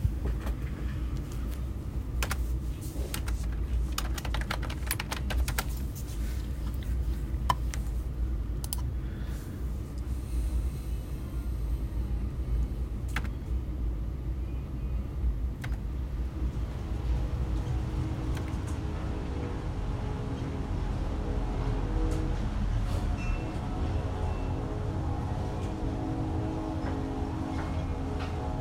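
A computer starts up with a steady low hum and whirring fan, scattered sharp clicks early on, then a busier rising drive whir later.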